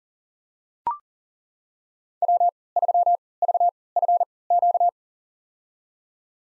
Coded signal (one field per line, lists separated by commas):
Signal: Morse code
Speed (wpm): 40 wpm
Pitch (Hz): 700 Hz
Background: none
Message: W3VFQ